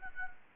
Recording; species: mosquito wingbeat signal from an infrared sensor; Anopheles gambiae